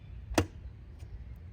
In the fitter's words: There's the click. And it's done.